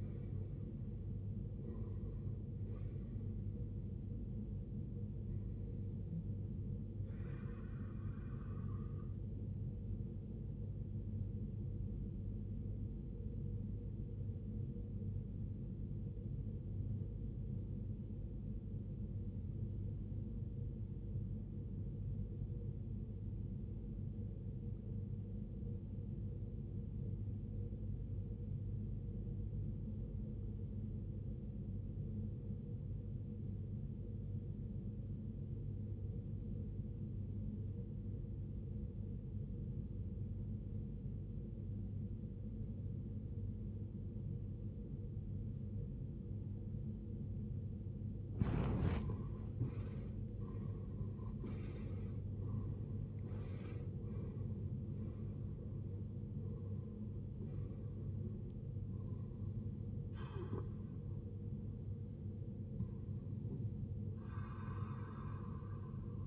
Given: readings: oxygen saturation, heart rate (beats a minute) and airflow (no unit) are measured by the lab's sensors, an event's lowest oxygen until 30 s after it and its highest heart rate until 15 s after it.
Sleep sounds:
breathing in sleep by a smartphone at the bedside; 1
15.00-47.40 s: obstructive apnea (REM, oxygen 93% highest, then 79% lowest, heart rate 63 at the start, 83 highest)
From the record:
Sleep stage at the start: REM sleep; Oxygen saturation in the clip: 80 to 93%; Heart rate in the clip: 42 to 89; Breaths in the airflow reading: 10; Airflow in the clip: -20.7 to 18.8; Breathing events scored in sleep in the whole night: 389 in 6.3 hours asleep

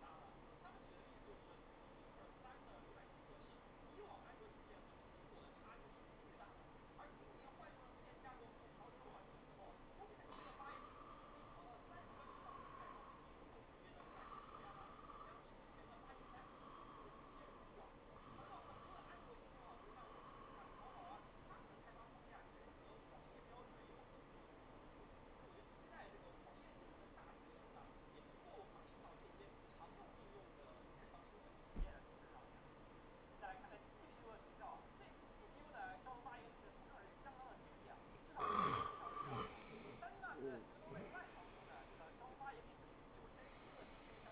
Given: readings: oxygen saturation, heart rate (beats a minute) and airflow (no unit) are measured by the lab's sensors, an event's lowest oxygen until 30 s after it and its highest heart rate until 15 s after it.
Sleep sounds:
a person awake in a sleep study, by a voice recorder at the bedside; none
0.00-44.32 s: awake
From the record:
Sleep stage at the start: awake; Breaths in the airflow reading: 10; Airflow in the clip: -0.7 to 0.6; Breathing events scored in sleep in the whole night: 403 in 5.5 hours asleep

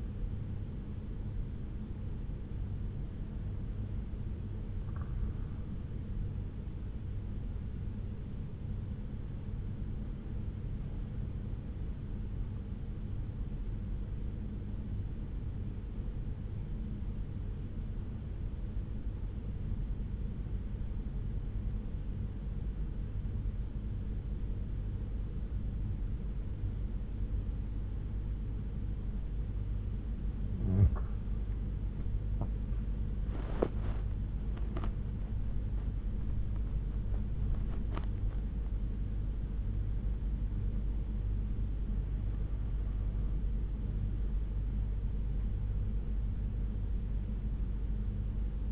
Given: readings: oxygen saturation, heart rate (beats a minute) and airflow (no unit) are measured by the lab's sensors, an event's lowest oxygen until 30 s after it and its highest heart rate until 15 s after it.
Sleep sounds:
breathing in sleep by a smartphone at the bedside; 1
8.00-31.00 s: hypopnea (N1, oxygen 95% highest, then 88% lowest)
From the record:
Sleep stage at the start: N1 (lightest sleep); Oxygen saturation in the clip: 89 to 95%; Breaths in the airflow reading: 6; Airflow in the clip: -9.1 to 8.6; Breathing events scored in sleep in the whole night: 368 in 8.0 hours asleep

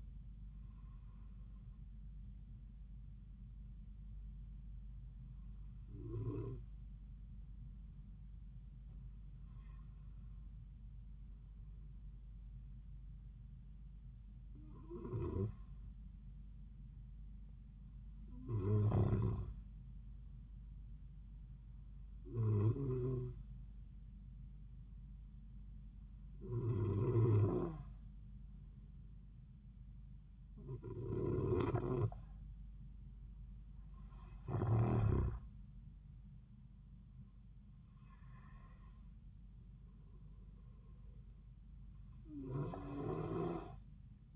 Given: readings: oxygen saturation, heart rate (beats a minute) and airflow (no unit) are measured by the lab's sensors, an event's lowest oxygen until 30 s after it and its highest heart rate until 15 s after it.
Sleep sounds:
breathing in sleep by a smartphone at the bedside; 1
1.00-44.36 s: new sleep stage, N2 (light sleep)
16.00-36.30 s: hypopnea (N2, oxygen 94% highest, then 91% lowest)
From the record:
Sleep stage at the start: N1 (lightest sleep); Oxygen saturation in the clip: 91 to 94%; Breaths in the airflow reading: 11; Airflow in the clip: -4.4 to 5.3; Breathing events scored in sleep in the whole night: 270 in 6.1 hours asleep

